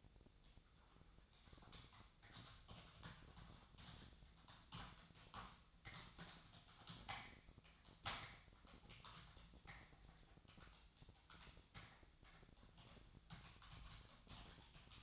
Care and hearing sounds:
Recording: daily activity, microphone in the room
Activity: typing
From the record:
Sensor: 3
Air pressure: 999.2 hPa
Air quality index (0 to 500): 206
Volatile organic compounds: 55 ppm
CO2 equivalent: 3362 ppm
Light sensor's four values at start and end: 8/20/7/8 and 8/20/7/8

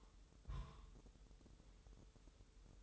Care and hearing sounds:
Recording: daily activity, microphone in the room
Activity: place on stove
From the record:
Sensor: 3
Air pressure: 988.3 hPa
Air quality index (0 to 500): 188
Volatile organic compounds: 244 ppm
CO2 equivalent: 4343 ppm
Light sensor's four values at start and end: 24/75/31/27 and 24/75/31/27

